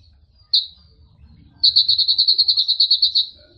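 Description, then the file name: Sunbird gives one sharp high note, then a quick, even, high-pitched trill lasting under two seconds. Sunbird sound used to lure birds. "suara burung madu untuk memancing bunyi"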